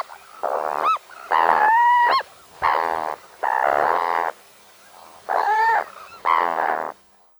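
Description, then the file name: Sandwich tern giving six long grating rasping calls with short pauses between. "Krachka pestronosaja"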